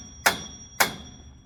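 A driver sends a screw into a wooden side board of a high tunnel greenhouse frame, giving two sharp, regular impacts at about 0.3 s and 0.8 s, the second at 0.8 s being the one taken as the head meeting the board. Driving stops there for fear of over-tightening, leaving the screw head only partly seated, not as flush as wanted.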